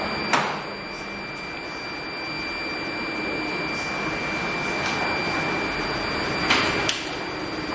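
A steady whirring hum from an electric fan runs throughout, with a thin high whine, broken by a few sharp clicks of its switch being pressed. No one speaks.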